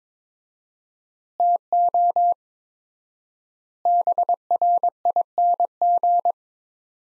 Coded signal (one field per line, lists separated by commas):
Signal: Morse code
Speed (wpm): 22 wpm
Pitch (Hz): 700 Hz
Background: none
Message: TO BRING